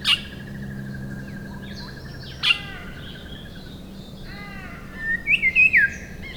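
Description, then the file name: Rufous shrikethrush calling: sharp notes and faint whistles early, then a quick series of loud whistles near the end. "Colluricincla Rufogaster"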